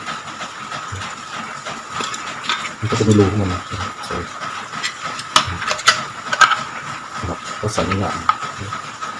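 A plastic housing part is handled and inserted into its slot while reassembling a Tefal steam iron, with someone talking over a steady hiss. Short knocks and handling taps are heard around 2.5, 5.4, 5.9 and 6.4 seconds. Nothing has seated or clicked yet.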